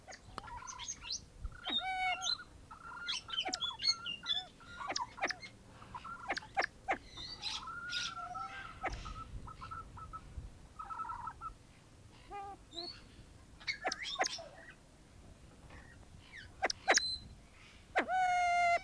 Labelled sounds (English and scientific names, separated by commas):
Siamese Fireback (Lophura diardi) call